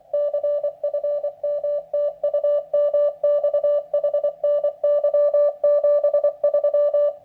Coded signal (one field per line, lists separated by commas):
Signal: Morse code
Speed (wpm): 24 wpm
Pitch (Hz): 580 Hz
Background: none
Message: CFM TU MX HNY 73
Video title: Lab599 Discovery TX-500 Radio First Impressions.